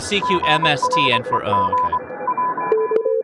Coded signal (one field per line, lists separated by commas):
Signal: Morse code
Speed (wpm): 24 wpm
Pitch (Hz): 1000 Hz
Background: speech, radio noise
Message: GREG WE